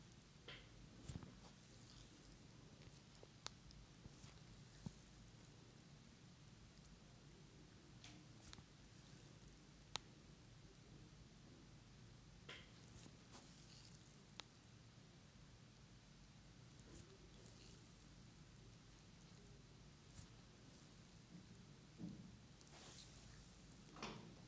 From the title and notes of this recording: ASMR Sleep Therapy - Amazing ASMR head, neck, back and facial massage for deep sleep.